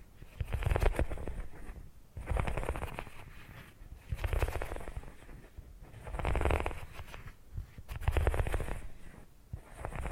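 Low, rumbling purring swells and fades in a steady rhythm, roughly every two seconds, each breath a rapid buzzy flutter.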